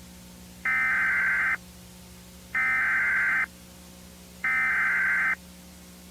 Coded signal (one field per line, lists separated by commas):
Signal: Emergency Alert System (SAME) tones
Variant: header bursts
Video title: Warden's Wrath (An EAS/Analog Horror Scenario)